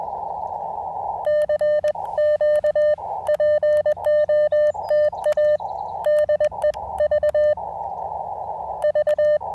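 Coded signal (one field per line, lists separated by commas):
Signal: Morse code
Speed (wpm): 20 wpm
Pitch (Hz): 600 Hz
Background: none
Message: CQ POTA DE VV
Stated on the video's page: Parks on the Air activation with an Elecraft KX2, KXPD2 paddles and AX1 antenna during rough band conditions.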